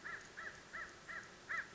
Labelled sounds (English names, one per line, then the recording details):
American Crow
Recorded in Sonoma County, California